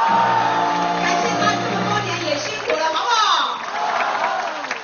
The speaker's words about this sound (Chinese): 我们给副总统再次掌声鼓励，好不好？